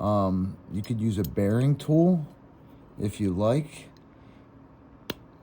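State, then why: Seated. A ball bearing is pressed by hand into the plastic gearbox/diff housing of a Hobao VTE2 RC car's rear end. Someone talks for the first few seconds, then a sharp snap at 5.1 s marks the bearing seating, recessed in its bore.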